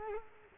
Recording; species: mosquito wingbeat signal from an infrared sensor; Culex quinquefasciatus